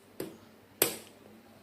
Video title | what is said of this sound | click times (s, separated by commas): Smart tv samsung 65 in | suara tersebut menandakan bagian belakangnya Ini langsung terkunci sendiri secara otomatis nah seperti ini ya | 0.2 s, 0.8 s